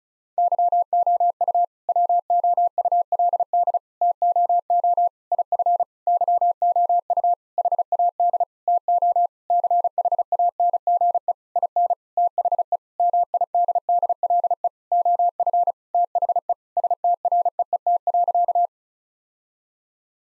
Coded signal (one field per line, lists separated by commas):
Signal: Morse code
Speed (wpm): 34 wpm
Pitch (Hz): 700 Hz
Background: none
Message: YOU WOULD TOO IF YOU HAD TO CHANGE IN THE MIDDLE OF THE STREET.